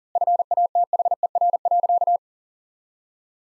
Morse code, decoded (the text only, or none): FATHER.